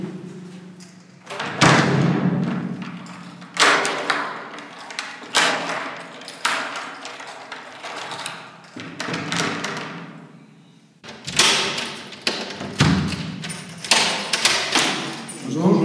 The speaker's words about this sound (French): Ok, bon, on claque la porte.